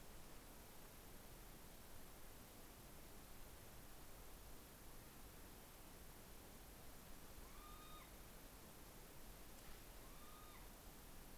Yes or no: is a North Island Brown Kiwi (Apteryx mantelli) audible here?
no